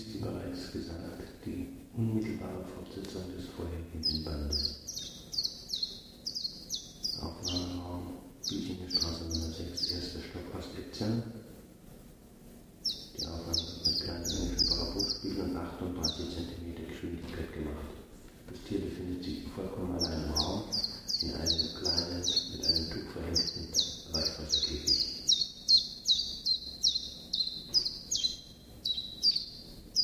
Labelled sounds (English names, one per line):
Common Chiffchaff song